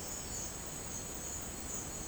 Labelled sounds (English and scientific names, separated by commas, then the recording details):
none
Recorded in dense forest near Puerto Asís, Putumayo, Colombia, on 19 March 2025 at 10:00
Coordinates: 0.500, -76.322
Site GP06